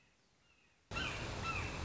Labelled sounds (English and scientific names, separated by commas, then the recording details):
Red-shouldered Hawk (Buteo lineatus)
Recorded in Sonoma County, California